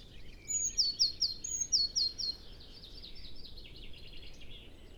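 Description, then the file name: Eurasian blue tit giving two short phrases of a high note and three lower quick notes, followed by fainter twittering amid steady background noise. "Cyanistes caeruleus"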